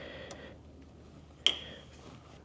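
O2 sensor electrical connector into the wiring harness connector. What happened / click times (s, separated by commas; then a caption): The plastic electrical connector snapped into its mating connector / 1.5 s. A new oxygen sensor's plastic electrical connector is pushed into the wiring harness connector on a Porsche Panamera. A faint tick at 0.3 s is followed by a sharp click at 1.5 s, and the keyed connector is seated in place.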